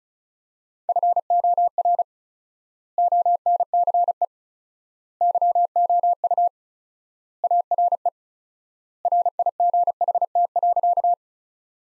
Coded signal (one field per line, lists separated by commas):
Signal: Morse code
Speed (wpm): 34 wpm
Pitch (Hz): 700 Hz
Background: none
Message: FOR ONCE YOU ARE RIGHT.